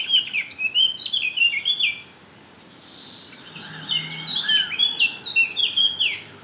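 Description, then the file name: Eurasian blackcap song, a quick burst of warbled notes, a short quiet gap, then a loud fluty, varied phrase of clear whistles. "Sylvia atricapilla"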